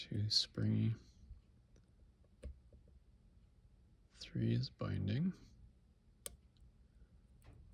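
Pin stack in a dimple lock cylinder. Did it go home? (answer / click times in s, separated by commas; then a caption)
yes / 6.3 s. Someone talks while picking a black DOM ix Twinstar dimple lock with a flag pick under tension, lifting binding pin 3 in the cylinder's pin stack. A small, sharp click at 6.3 s marks the pin setting at the shear line, with slight rotation of the core.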